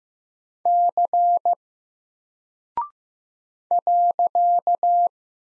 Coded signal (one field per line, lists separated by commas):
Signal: Morse code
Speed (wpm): 15 wpm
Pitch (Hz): 700 Hz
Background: none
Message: C .